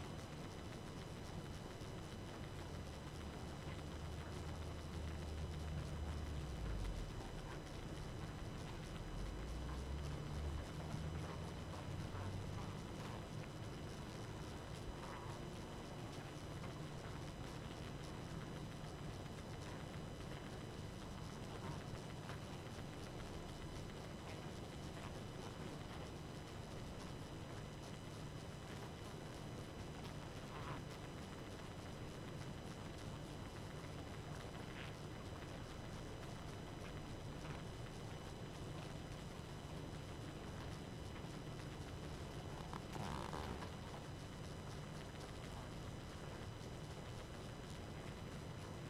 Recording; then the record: honeybee colony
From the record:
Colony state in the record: active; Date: 12 June 2018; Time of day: 22:25